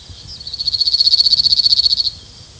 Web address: emberiza cirlus call